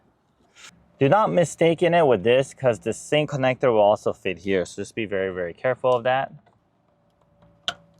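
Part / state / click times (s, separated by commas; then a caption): wiring harness connector into car radio/amplifier socket / seated / 7.7 s. Someone talks while pushing a plastic wiring harness connector into its socket behind the car radio during a DSP amplifier install on a Toyota RAV4. After the talking stops, faint contact sounds lead to a sharp click at 7.7 s as the connector seats fully and sits flush, which must happen to avoid an error or check engine light.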